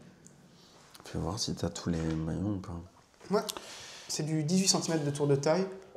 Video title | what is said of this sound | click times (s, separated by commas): Il nous présente ses trouvailles en amont de sa vente aux enchères de montres vintages à Drouot | Le fermoir, quand tu le fermes, tu entends vraiment le clac. | 0.3 s